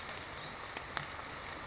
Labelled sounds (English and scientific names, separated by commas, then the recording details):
California Towhee (Melozone crissalis)
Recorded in Sonoma County, California